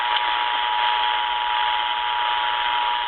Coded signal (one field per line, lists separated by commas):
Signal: Emergency Alert System (SAME) tones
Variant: 853 and 960 Hz attention tone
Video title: ON THIS EPISODE OF "MORE FAILS TO EXPERIENCE"... EAS Tests from February 2025 (EAS #5,506 - 5,560)